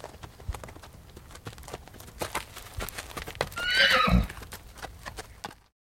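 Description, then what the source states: Horse shuffling and stepping on dirt, soft irregular hoof thuds throughout, with one short whinny near the fourth second. Horses milling on dirt.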